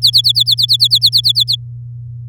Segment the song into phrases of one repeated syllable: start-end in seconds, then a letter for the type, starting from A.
0.02-1.56 A